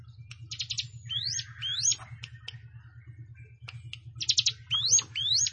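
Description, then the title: Plain prinia song: short buzzy rattles followed by pairs of rising, upswept whistled notes, the phrase given twice, over a steady low hum. "Ciblek Sawah"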